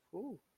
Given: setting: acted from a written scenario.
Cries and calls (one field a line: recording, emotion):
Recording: vocal sound without words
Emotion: serenity